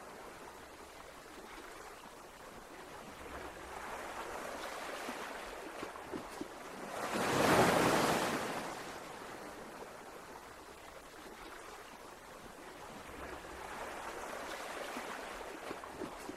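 Ocean waves wash in and out with a steady hiss of surf. One wave breaks loud around the eighth second, swelling and fading, while softer swells rise again near the fourteenth. The sound is airy and bright, without low rumble.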